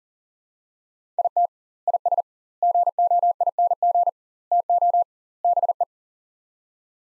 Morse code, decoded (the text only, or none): IT IS GOING TO BE